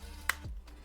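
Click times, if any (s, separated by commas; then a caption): 0.3 s. With two cards loaded, the sliding card compartment door on a Spigen Slim Armor CS slim plastic wallet case for a Samsung Galaxy S21 is pushed closed; three cards won't let it close properly. A sharp, bright click at 0.3 s marks the door snapping into place, followed by a faint low sweep and a soft tick near 0.7 s.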